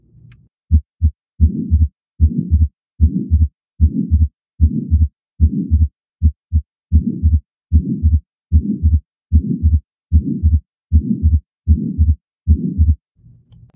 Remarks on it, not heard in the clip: Increased flow across the pulmonic valve, which we just discussed, will delay the closure of the pulmonic valve. Fixed splitting of S2 because the aortic valve always closes before the pulmonic valve in these ASD patients, regardless of whether the patient is breathing in. So the systolic murmur.